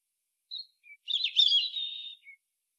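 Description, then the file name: European robin singing: a thin high note, a soft lower note, then a tumbling liquid warble closing with one more thin note. "Erithacus rubecula"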